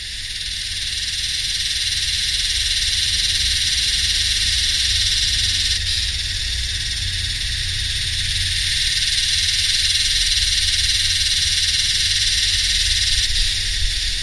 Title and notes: Yellowbelly (Psaltoda harrisii) singing in the heat along with some humming machines in a mixture of subtropical dry scherlophyll forest and heathland. 7th of December, 2015 (Royal National Park, NSW, Australia.)